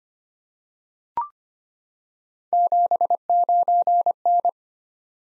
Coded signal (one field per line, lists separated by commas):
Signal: Morse code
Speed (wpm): 25 wpm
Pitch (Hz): 700 Hz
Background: none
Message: 79N